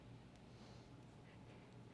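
A radar unit is handled and lined up with the unlocked tripod head mount before it is inserted and pressed home. Only soft handling noise over a steady low background hum is heard. Nothing has seated or clicked yet.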